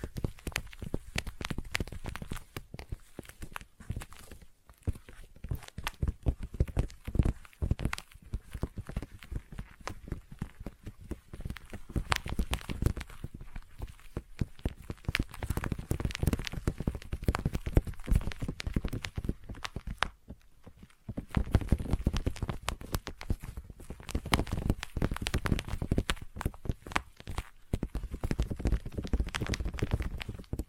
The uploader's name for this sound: Intense Sticky Tapping and Sticky Triggers